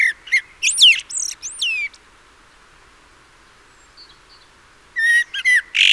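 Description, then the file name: Common blackbird makes sharp rising and falling squeaky notes in a short flurry. After about three seconds of near silence, a second chattering burst comes. "Turdus merula"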